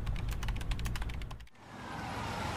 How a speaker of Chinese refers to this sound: 他转身坐回座位，又开始永无止境地敲击键盘。